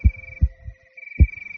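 Deep, regular low thumps in a lub-dub pattern, with a steady high tone humming in the background. A heart beating in a steady rhythm.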